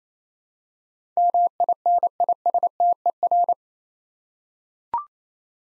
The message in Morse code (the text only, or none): MINISTER